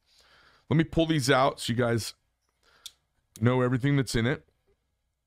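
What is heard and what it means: Someone talks while handling a triple-stack multi-tool knife, about to pull its blades and tools out against the handle spring. There is a brief faint tick near 2.9 s between the speech, but no blade has snapped into place or clicked yet.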